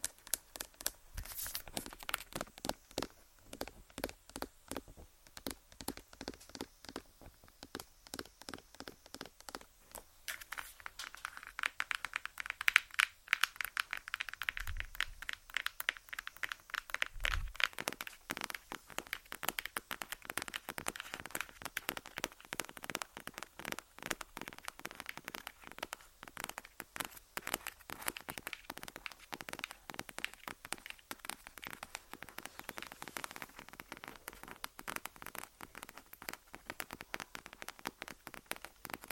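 Fingers tap on assorted objects in a fast, irregular patter of sharp clicks that runs the whole time and sometimes blurs into a rain-like crackle. Two deeper thuds stand out near the middle, and the taps grow slightly brighter and busier later on.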